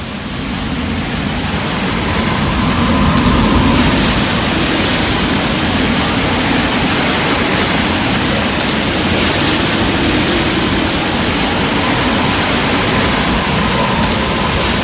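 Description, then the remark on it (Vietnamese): Stormy sea waves roar in a loud, unbroken rush of churning water, washing over a raft at midday during a storm, swelling slightly early on and then holding steady with no voices present. “Chúng tôi cũng buộc chặt vào nhau, sóng trào qua cả đầu chúng tôi.”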